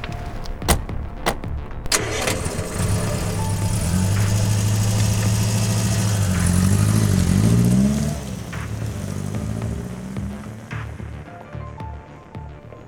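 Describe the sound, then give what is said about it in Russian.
A few sharp clunks, then a car engine rumbles low and steady before revving up with rising pitch and pulling away, the sound gradually fading out. “Быстро в машину, там договорим.”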